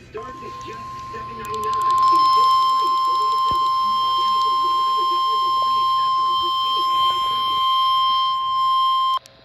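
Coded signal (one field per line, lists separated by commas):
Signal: Emergency Alert System (SAME) tones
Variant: 1050 Hz attention tone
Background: speech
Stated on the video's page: Real Severe Thunderstorm Warning broadcast on NOAA Weather Radio.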